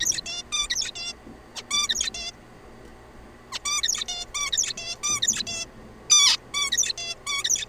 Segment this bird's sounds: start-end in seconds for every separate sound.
0.00-0.22, 0.26-0.43, 0.52-0.68, 0.70-0.92, 0.95-1.13, 1.56-1.63, 1.70-2.10, 2.14-2.32, 3.52-3.58, 3.65-3.82, 3.83-4.04, 4.08-4.25, 4.34-4.50, 4.52-4.73, 4.77-4.95, 5.03-5.21, 5.22-5.43, 5.47-5.65, 6.09-6.37, 6.54-6.70, 6.72-6.93, 6.97-7.15, 7.26-7.43, 7.44-7.65